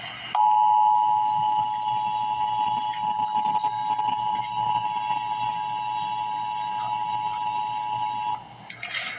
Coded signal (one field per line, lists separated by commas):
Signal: Emergency Alert System (SAME) tones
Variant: 853 and 960 Hz attention tone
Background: speech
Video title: Emergency Alert System - Special Weather Statement - May 29, 2024 at 9:41 AM EDT